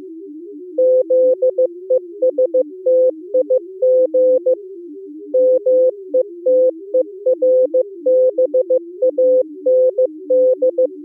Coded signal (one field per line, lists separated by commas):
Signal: Morse code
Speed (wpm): 24 wpm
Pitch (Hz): 510 Hz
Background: music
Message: ZESTIG METERBAND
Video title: Daily Minutes, December 3, 2015, with low level Contestia data and 8PSK125